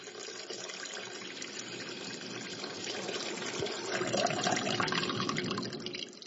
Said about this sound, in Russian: Около дома стояло 6 больших сосудов для воды, но сейчас они были пусты, и Иисус знал это. «Наполните сосуды водой», — сказал Иисус слугам, и те наполнили их доверху.